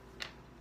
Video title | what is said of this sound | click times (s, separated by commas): Premium Starter Kit Unboxing | And then see it pops right off. | 0.2 s